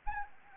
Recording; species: mosquito wingbeat signal from an infrared sensor; Anopheles arabiensis